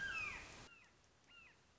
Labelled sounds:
Red-shouldered Hawk (Buteo lineatus)
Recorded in Sonoma County, California

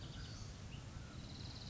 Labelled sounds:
Western Flycatcher (Empidonax difficilis)
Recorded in Sonoma County, California

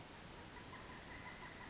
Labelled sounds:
Pileated Woodpecker (Dryocopus pileatus)
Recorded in Sonoma County, California

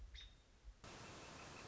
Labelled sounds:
American Robin (Turdus migratorius)
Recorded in Sonoma County, California

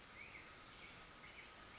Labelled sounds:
California Towhee (Melozone crissalis)
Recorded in Sonoma County, California

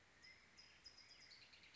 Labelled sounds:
California Towhee (Melozone crissalis)
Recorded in Sonoma County, California

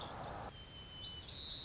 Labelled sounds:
White-crowned Sparrow (Zonotrichia leucophrys)
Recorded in Sonoma County, California

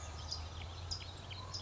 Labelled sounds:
California Towhee (Melozone crissalis)
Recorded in Sonoma County, California

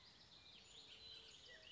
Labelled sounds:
Bullock's Oriole (Icterus bullockii)
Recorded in Sonoma County, California

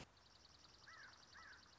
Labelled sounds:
Dark-eyed Junco (Junco hyemalis)
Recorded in Sonoma County, California

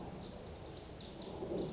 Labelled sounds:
Lazuli Bunting (Passerina amoena)
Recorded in Sonoma County, California

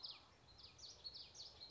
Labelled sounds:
Common Yellowthroat (Geothlypis trichas)
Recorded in Sonoma County, California

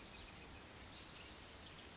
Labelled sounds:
Bewick's Wren (Thryomanes bewickii)
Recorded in Sonoma County, California

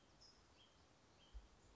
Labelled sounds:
California Towhee (Melozone crissalis)
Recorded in Sonoma County, California

